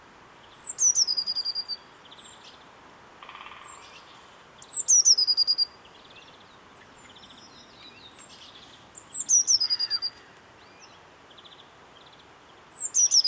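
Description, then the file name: Eurasian blue tit song, a high introductory note sliding into a fast, slightly falling trill, repeated about every four seconds, four phrases in all. "Cyanistes caeruleus"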